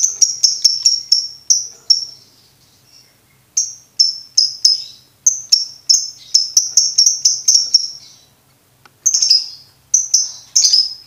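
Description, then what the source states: Lovebird calls: shrill, high, clipped chirps in fast runs, broken by short pauses and starting again, steady and piercing throughout. Bird-tutoring (masteran) recording no. 2, played for birds to learn ngekek.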